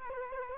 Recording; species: mosquito wingbeat signal from an infrared sensor; Culex quinquefasciatus